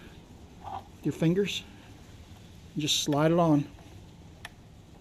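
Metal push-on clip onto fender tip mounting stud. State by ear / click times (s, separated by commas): seated / 4.4 s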